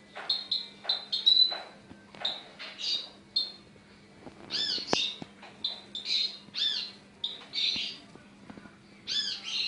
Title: Kicau Kacer Durasi Panjang 1jam Lebih